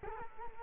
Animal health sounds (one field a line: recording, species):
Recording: mosquito wingbeat signal from an infrared sensor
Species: Culex quinquefasciatus